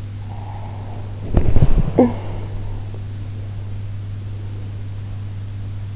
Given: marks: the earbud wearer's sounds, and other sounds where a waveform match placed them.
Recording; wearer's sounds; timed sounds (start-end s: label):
sounds in sleep by an in-ear microphone; breath, body movement, talking in sleep
0.18-1.26 s: breath
0.92-3.76 s: body movement
1.95-2.52 s: talking in sleep